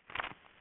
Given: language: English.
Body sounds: throat vibration sensor signal played as sound; swallow

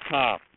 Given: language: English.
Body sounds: throat vibration sensor signal played as sound; speech

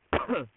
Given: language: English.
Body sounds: throat vibration sensor signal played as sound; cough

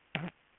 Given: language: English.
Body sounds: throat vibration sensor signal played as sound; throat clearing

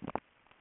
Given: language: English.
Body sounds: throat vibration sensor signal played as sound; swallow

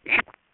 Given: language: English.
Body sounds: throat vibration sensor signal played as sound; swallow

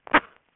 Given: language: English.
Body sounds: throat vibration sensor signal played as sound; cough

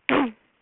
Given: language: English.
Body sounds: throat vibration sensor signal played as sound; throat clearing

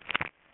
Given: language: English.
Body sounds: throat vibration sensor signal played as sound; swallow

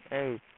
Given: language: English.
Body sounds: throat vibration sensor signal played as sound; speech

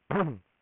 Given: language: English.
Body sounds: throat vibration sensor signal played as sound; throat clearing

